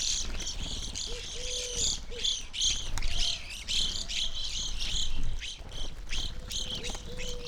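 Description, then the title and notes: Evening grosbeaks chattering, many clear chirps in quick succession, and a soft lower drawn-out tone at intervals. Flock feeding on sunflower seeds at a feeder hanging in a birch tree, backyard, McCloud, Siskiyou County, California; relatively warm winter morning; two microphones on either side of the tree trunk. "I recorded this at my home in the small town of McCloud in Siskiyou County, California. It was a relatively warm winter morning, and a flock of Evening Grosbeaks was busily eating a breakfast of sunflower seeds from a feeder hanging from the branch of a birch tree in my backyard."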